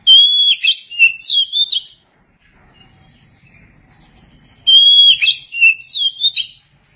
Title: Suara Kicauan Burung Kacer